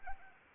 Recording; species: mosquito wingbeat signal from an infrared sensor; Anopheles arabiensis